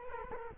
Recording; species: mosquito wingbeat signal from an infrared sensor; Culex quinquefasciatus